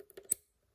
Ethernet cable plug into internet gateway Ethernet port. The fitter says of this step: then you're going to push it you're going to hear it snap